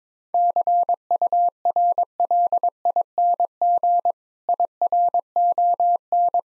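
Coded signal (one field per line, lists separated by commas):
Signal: Morse code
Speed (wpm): 23 wpm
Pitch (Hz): 700 Hz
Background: none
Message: CURLING IRON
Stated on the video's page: Morse practice of difficult words at 22 wpm with context hints, speed-racing format.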